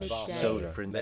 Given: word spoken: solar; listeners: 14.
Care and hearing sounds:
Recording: one English word in noise, from a listening test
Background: four-talker babble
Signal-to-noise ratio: 1.0 dB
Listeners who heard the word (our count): 3 of 14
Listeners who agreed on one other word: 9 of 14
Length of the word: 0.62 s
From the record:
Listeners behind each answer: 9, 3, 1, 1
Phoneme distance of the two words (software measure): 10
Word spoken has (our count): 2 syllables, 4 phonemes, stress on syllable 1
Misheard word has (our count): 2 syllables, 4 phonemes, stress on syllable 1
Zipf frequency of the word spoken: 4.23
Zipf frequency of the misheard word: 3.56

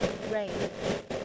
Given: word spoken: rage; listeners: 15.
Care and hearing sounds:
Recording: one English word in noise, from a listening test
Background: noise modulated by three-talker babble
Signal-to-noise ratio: -3.3 dB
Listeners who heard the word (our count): 3 of 15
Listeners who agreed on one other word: 10 of 15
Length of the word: 0.85 s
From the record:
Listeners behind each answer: 10, 3, 2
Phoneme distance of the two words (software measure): 10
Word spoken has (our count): 1 syllable, 3 phonemes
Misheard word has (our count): 1 syllable, 3 phonemes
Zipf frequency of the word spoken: 3.83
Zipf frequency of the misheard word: 5.08

